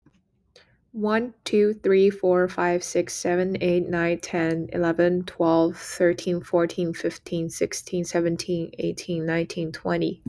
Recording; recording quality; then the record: counting at a normal pace; excellent, no background noise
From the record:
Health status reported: healthy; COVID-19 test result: negative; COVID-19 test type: RT-PCR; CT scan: not taken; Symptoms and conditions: none ticked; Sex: female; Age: 22 years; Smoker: no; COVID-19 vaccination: both doses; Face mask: not worn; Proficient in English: yes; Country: United States